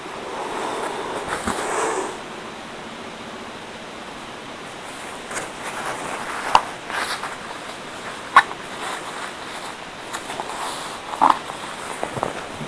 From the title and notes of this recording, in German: ASMR Serviettenrosen Basteln No Talking. In dieser Aufnahme wird nicht gesprochen.